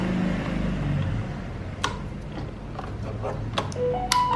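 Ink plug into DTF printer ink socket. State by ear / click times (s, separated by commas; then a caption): seated / 4.1 s. An ink line plug or cartridge is pushed back into its socket on a DTF printer and pressed home. Faint handling knocks and taps come before a sharp click at 4.1 s as it seats. Someone talks.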